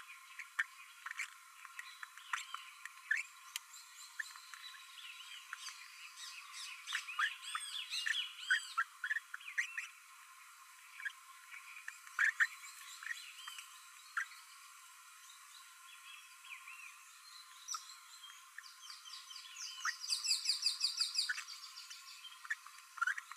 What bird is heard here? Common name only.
Green-rumped Parrotlet